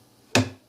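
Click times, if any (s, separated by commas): 0.4 s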